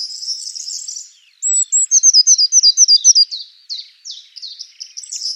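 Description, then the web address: Eurasian blue tit calls: high thin notes, then a fast run of clipped repeated notes, about four a second, followed by softer scratchy chatter. "cianscape birddata Deverinetal 2025 File origin Bird Only Cy Ca"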